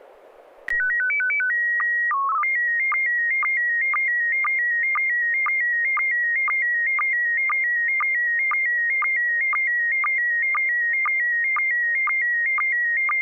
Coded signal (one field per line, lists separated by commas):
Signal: SSTV (slow-scan television)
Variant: PD 120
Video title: N6NA SSTV Net - 03/02/2022